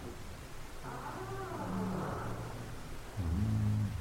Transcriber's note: someone enters